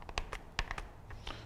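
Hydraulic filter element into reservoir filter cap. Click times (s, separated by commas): 0.6 s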